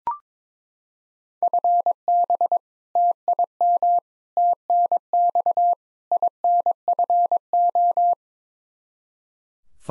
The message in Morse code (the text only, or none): FB TIM TNX INFO